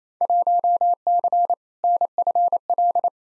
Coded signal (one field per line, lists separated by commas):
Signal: Morse code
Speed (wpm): 28 wpm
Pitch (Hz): 700 Hz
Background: none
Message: 1C NFL